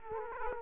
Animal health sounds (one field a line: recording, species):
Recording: mosquito wingbeat signal from an infrared sensor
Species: Aedes aegypti